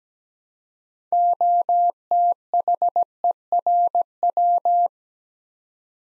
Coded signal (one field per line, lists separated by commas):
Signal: Morse code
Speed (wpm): 17 wpm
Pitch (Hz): 700 Hz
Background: none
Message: OTHERW